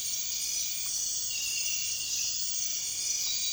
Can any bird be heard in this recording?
no